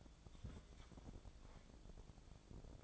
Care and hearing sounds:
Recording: daily activity, microphone in the room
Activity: take from stove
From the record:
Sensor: 5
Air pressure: 1000.1 hPa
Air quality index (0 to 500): 94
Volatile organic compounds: 1 ppm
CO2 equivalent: 768 ppm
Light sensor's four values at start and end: 351/830/359/402 and 353/833/361/405

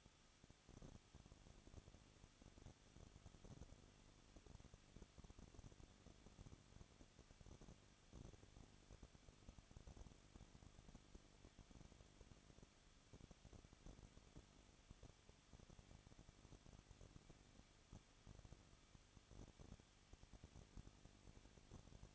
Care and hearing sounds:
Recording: daily activity, microphone in the room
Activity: no activity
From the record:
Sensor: 4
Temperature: 23.1 degrees Celsius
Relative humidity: 34.3%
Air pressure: 1007.2 hPa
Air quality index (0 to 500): 216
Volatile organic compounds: 15 ppm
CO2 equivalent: 2495 ppm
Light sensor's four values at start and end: 2/3/1/1 and 2/3/1/1

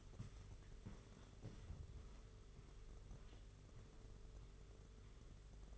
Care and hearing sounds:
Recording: daily activity, microphone in the room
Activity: walk to room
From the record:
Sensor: 4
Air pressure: 991.9 hPa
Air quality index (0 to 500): 83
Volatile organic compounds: 6 ppm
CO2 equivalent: 1886 ppm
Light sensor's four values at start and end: 19/65/24/25 and 21/75/27/29

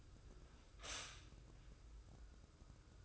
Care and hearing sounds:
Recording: daily activity, microphone in the room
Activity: stop toaster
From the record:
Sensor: 2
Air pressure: 995.1 hPa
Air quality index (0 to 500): 56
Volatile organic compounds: 1 ppm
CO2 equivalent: 918 ppm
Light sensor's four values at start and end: 16/53/21/20 and 16/53/21/20

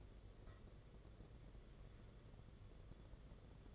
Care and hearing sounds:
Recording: daily activity, microphone in the room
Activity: take from stove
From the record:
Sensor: 4

